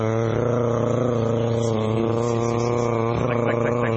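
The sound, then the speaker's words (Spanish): A voice imitates an electric fan's noise, a steady low droning hum with a buzzy, harmonic-rich tone held for about four seconds, wavering slightly near the end. “Pero bueno, y me acuerdo dormir con el ruido del ventilador, que hacía un ruido así como...”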